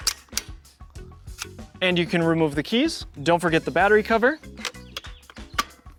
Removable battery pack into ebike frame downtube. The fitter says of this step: It simply snaps into place.